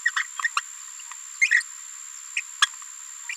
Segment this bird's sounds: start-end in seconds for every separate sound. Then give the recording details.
0.05-0.11, 0.16-0.23, 0.57-0.60, 1.51-1.60, 2.37-2.40, 2.62-2.66, 3.29-3.32. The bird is a female. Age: 27 days. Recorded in a nest box in Venezuela. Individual 17B73B2